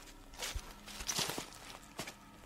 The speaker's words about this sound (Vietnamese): Đằng sau lưng anh tự nhiên vang lên tiếng bước chân của ai đó. Anh Khiêm lắng tai nghe, đúng là tiếng bước chân của ai đang đi theo mình.